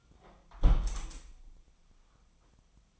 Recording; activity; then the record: daily activity, microphone in the room; close window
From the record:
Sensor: 1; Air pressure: 1004.6 hPa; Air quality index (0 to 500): 121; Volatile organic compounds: 4 ppm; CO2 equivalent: 1680 ppm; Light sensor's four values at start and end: 9/21/8/9 and 8/20/8/8